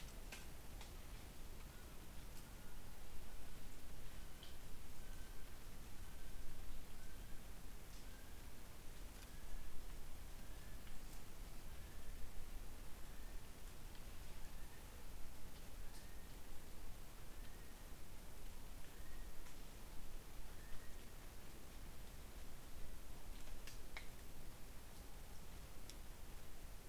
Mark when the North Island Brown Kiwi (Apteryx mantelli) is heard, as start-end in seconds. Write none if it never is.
1.66-21.39